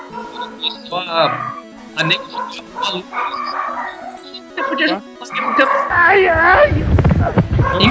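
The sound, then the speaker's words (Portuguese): A dog barks over and over in loud, choppy bursts, mixing sharp barks with higher, wavering yips and whines that grow more insistent toward the end. “Oi, foi o cachorro.”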